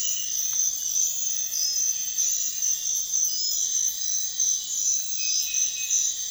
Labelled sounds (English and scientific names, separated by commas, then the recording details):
none
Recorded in pastures near Puerto Asís, Putumayo, Colombia, on 28 February 2025 at 04:30
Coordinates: 0.502, -76.324
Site GP07